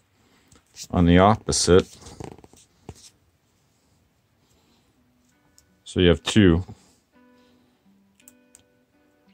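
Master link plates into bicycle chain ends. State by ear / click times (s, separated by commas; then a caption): not seated / none. Someone talks while the two halves of a bicycle chain master link are brought together through the chain end rollers, with short metal-on-metal ticks around 2.2–2.9 s and again near 8.2–8.6 s. The link halves are only fitted together and nothing has locked into place yet; locking comes later when the chain is pulled tight.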